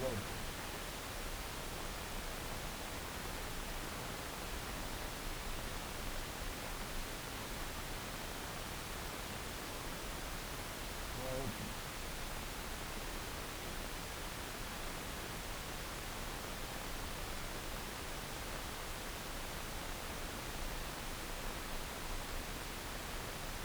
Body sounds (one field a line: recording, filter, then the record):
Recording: brain microelectrode recording played as sound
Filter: wide band, above 20 Hz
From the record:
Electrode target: subthalamic nucleus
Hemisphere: left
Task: reaching with the right hand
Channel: 2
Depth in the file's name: 0.251 mm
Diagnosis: Parkinson's disease